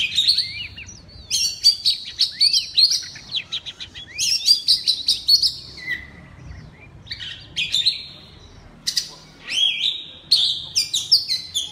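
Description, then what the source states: Oriental magpie-robin delivering a rich song of ringing whistles, harsh notes and quick trilled phrases, in bursts with brief gaps. Loud song in the ngeplong style (kacer ngeplong keras).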